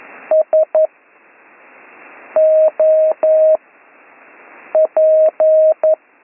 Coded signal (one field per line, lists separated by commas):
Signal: Morse code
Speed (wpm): 11 wpm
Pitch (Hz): 630 Hz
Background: none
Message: S O P